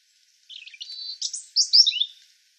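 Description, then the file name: European robin song: a thin, high warbling phrase of quick twittering notes and sharp sliding trills, about two seconds long, over a quiet background. "Erithacus rubecula"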